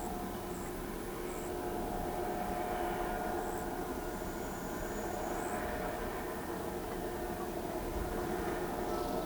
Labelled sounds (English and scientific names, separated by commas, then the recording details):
none
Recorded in pastures near Pivijay, Magdalena, Colombia, on 15 April 2023 at 17:00
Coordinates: 10.456, -74.369
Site P6-G026